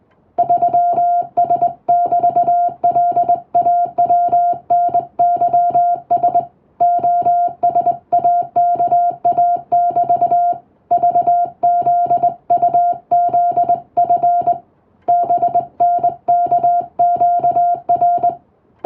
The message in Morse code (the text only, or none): 3S<BT>LAWNYS OSAKA<BT> VZUZF BNKQR